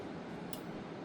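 A screw put back into the top-cover hole of a xenon light source presses the mains-interlock micro switch inside, which cuts mains power when the top cover is removed. The switch actuates with a small, sharp click at 0.5 s over a steady broadband hum. The interlock switch is confirmed to click on.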